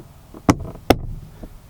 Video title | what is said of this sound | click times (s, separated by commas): How to Replace Subaru Crosstrek Rear Dome Lights (2018-2023) | that pivots up snaps into place and there's no gap around the edge | 0.5 s, 0.9 s